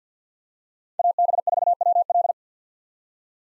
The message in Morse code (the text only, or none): AB4WL